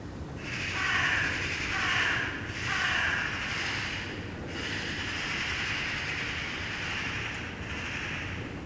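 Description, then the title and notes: Eurasian magpie chattering almost continuously in harsh rattling phrases, over low background noise. Several magpies chattering in a tree, heard from a balcony in Saint-Gilles, Belgium, on a Sunday morning; recorded on a Sony PCM-D100. "Saint-Gilles, Belgique - Magpies. Dimanche matin sur le balcon. Des pies jacassent dans un arbre. Sunday morning on the balcony. Magpies chattering in a tree"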